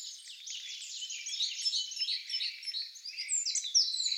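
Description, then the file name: Eurasian wren, a continuous high, dense warbling jumble of quick notes and trills. "Troglodytes troglodytes"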